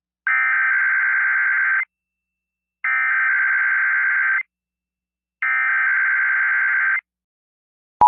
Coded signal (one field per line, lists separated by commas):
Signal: Emergency Alert System (SAME) tones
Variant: header bursts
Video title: EAS MOCK: Winter Storm Warning In Dodge City, KS